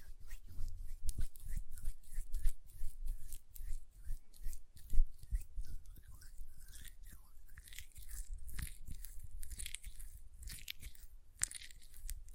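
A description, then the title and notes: Hand sounds with quick, irregular nail taps and soft wet rubbing, dense crackly clicks throughout, with a louder snap near five seconds. Hand Sounds, Nail Tapping and Lotion Sounds.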